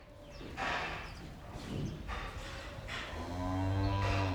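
Cow mooing: a single low, steady, droning moo in the last second, after several rustling, shuffling bursts of barn noise.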